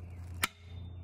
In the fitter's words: can hear that snap sound there is I'm guessing a magnet in